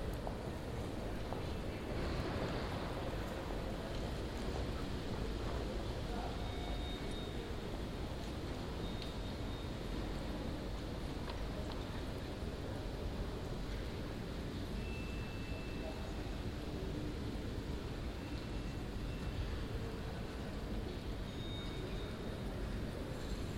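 A steady, dense wash of crowd murmur fills the Atrium of The Hague City Hall at the end of the working day, with voices blending into a constant low rumble. Faint brief tones and clinks surface now and then, and the level stays even throughout.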